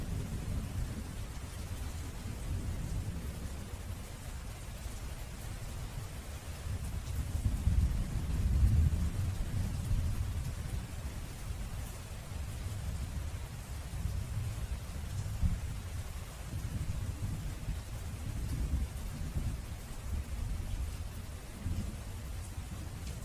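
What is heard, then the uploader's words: Steady rain hisses over a deep, rolling thunder rumble that swells strongest around eight to ten seconds, then settles back into a low, continuous growl. Immersive Thunderstorm Sounds. The rumbling thunder and the cascading raindrops.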